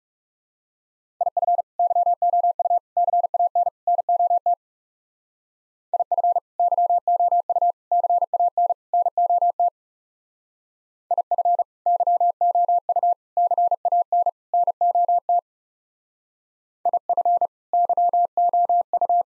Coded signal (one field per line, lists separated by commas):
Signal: Morse code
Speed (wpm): 36 wpm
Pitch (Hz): 700 Hz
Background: none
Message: IF YOU CAN NOT IF YOU CAN NOT IF YOU CAN NOT IF YOU